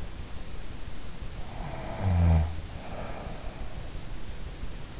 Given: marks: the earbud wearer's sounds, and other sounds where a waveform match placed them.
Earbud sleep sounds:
sounds in sleep by an in-ear microphone; snoring breath
1.79-4.16 s: snoring breath

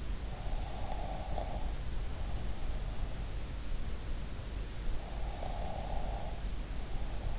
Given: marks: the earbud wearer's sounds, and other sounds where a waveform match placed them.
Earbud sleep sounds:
sounds in sleep by an in-ear microphone; snoring breath
0.54-3.38 s: snoring breath
4.91-7.39 s: snoring breath

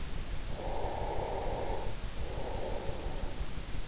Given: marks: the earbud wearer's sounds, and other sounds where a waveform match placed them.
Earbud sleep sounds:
sounds in sleep by an in-ear microphone; breath
0.35-3.38 s: breath

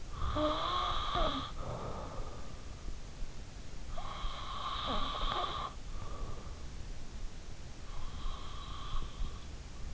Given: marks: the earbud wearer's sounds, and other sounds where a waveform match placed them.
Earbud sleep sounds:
sounds in sleep by an in-ear microphone; snoring breath, breath
0.00-2.34 s: snoring breath
3.65-6.22 s: snoring breath
7.88-9.56 s: breath

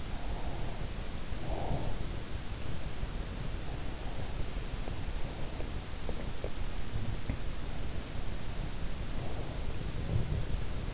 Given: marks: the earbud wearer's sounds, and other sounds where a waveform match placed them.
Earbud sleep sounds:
sounds in sleep by an in-ear microphone; breath
0.00-2.21 s: breath
4.97-7.14 s: sound from someone else or the room
9.21-10.94 s: breath

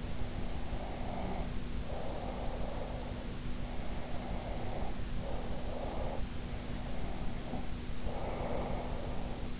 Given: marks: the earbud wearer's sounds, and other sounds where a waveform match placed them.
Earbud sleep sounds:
sounds in sleep by an in-ear microphone; breath
0.00-3.39 s: breath
3.59-6.26 s: breath
6.60-9.57 s: breath

